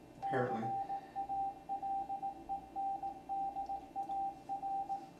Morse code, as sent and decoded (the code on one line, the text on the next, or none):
-.-. .- .-.. . -. -.. .- .-.
CALENDAR